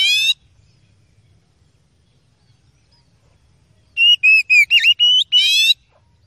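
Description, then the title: Oriental magpie-robin singing a rapid phrase of short clear whistles and wavering notes after a long silence, with the end of an earlier phrase at the start. Training recording (masteran) of relentless song, meant to quickly make listening fighting magpie-robins agitated and ready to fight. "Kacer Langsung Tarung Konslet KACER NGOTOT FULL TEMBAKAN. MASTERAN KACER"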